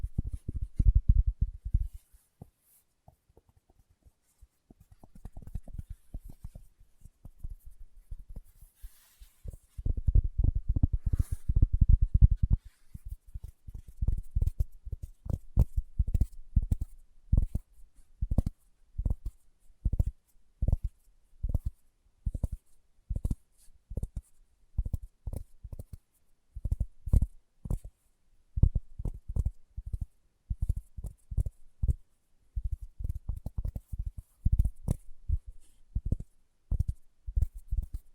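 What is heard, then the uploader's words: Fingertips tap out short, soft, low thuds in steady runs. A heavier, denser patch of tapping comes near the start and again around ten to thirteen seconds; after that the taps fall into a quick, fairly even rhythm with brief pauses. ASMR Tapping with Fingertips (No Talking).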